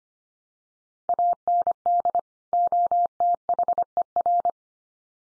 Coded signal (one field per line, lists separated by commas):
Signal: Morse code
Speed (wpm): 25 wpm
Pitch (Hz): 700 Hz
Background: none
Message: AND OTHER